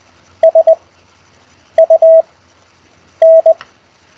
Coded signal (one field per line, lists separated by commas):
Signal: Morse code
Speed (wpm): 20 wpm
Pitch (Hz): 650 Hz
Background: none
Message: SUN